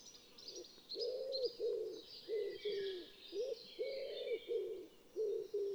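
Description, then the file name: Common wood pigeon giving repeated low, muffled coos in phrases, while other small birds chirp and twitter faintly above a constant outdoor hiss. "pigeons ramiers"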